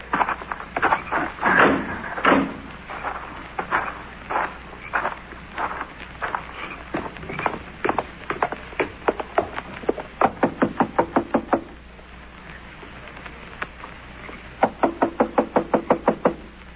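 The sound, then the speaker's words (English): Repeated knocking on the locked wooden door of Adolf Beer's house, with no lights inside, starting with heavy irregular thumps, then quick rapid rattling bursts of raps, a pause, and another fast series of knocks at the end. “Door's locked. no lights inside.”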